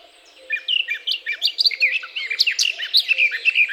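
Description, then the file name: Eurasian blackcap warbling after a brief quiet start, a quick run of bright chirps and twittering notes lasting about three seconds. "Sylvia atricapilla"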